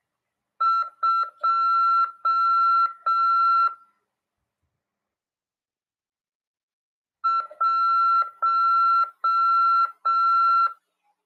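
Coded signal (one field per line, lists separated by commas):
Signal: Morse code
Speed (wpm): 6 wpm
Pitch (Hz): 1350 Hz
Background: none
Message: 2 1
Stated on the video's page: Amateur radio CW lesson, part of a class on 146.410 MHz FM.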